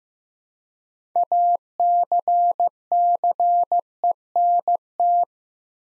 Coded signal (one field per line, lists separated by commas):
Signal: Morse code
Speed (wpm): 15 wpm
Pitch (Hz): 700 Hz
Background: none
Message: ACCENT